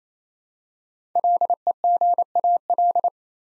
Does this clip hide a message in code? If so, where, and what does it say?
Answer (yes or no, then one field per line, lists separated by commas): yes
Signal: Morse code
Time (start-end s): 1.2-3.1 s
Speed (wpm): 28 wpm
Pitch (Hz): 700 Hz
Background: none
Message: LEGAL